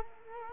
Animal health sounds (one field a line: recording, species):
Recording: mosquito wingbeat signal from an infrared sensor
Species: Culex quinquefasciatus